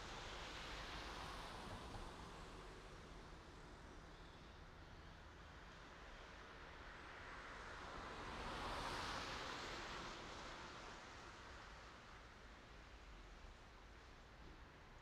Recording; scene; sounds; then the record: everyday scene through a hearing-aid microphone; in traffic; traffic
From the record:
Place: main road on the outskirts, rush hour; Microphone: in the ear canal, right